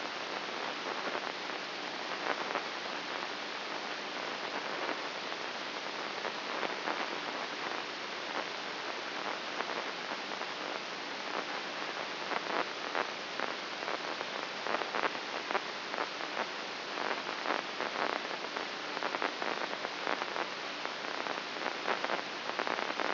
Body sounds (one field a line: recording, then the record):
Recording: brain microelectrode recording played as sound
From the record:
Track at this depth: inside the subthalamic nucleus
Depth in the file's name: 2.04 mm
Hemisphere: right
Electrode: 2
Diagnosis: Parkinson's disease